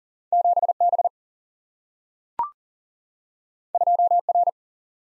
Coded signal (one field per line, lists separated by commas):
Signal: Morse code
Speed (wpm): 41 wpm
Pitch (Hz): 700 Hz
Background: none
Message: 7B 2R